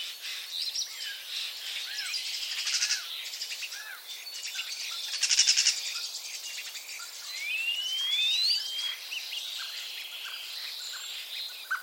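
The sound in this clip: Common starling chatter mixing clicks and a short rattle, then a long rising whistle near eight seconds, with soft twittering throughout.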